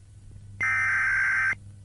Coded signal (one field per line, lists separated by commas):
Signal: Emergency Alert System (SAME) tones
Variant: header bursts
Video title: SCP 835-JP (Scp eas video)